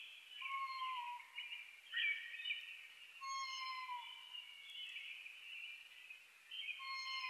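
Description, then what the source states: Oriental scops owl repeating falling whistled notes a few seconds apart, while a loud, steady high-pitched chorus and other high calls fill the background. Recorded 21 May 2011 at 19:12; Japanese name konohazuku.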